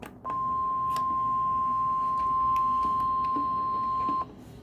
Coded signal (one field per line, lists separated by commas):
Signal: Emergency Alert System (SAME) tones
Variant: 1050 Hz attention tone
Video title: EPIC FAIL EAS 783